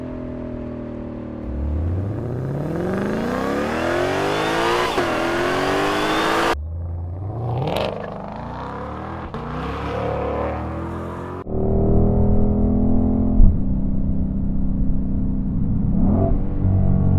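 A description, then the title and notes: A car engine revs repeatedly, its pitch climbing steeply from a low idle to a high whine in several separate runs. Hard cuts split the recording into sections near 6.5 and 11.5 seconds, and the final stretch is louder and rougher, with brief gear-like drops. Mustang GTD Engine Sound.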